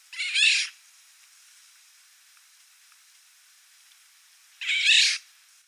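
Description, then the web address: Eurasian golden oriole harsh call: two short, rasping, cat-like screeches about four seconds apart, with quiet background between. "common oriole common oriole"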